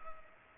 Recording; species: mosquito wingbeat signal from an infrared sensor; Culex pipiens